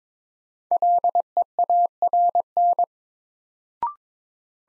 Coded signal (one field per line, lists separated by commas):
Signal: Morse code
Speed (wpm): 21 wpm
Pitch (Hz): 700 Hz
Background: none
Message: LEARN